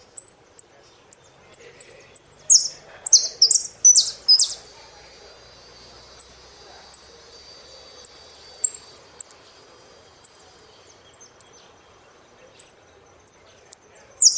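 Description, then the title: Saffron finch song: sharp high chips interrupted by a cluster of loud sweeping notes midway, then chips resuming at uneven intervals. "Jilguero Argentino"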